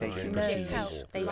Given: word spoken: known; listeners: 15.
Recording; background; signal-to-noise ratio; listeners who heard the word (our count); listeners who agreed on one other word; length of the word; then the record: one English word in noise, from a listening test; four-talker babble; -0.1 dB; 1 of 15; 8 of 15; 0.92 s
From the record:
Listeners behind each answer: 8, 2, 1, 1, 1, 1, 1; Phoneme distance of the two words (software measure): 7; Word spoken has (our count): 1 syllable, 3 phonemes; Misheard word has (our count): 1 syllable, 2 phonemes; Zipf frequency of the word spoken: 5.29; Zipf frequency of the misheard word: 6.43